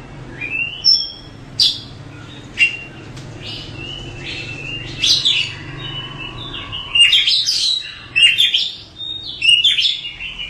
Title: Kacer6. Burung